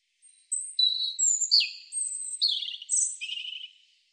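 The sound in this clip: European robin song, one phrase of sustained high whistles interleaved with buzzy, fluttering trills, lasting about three and a half seconds.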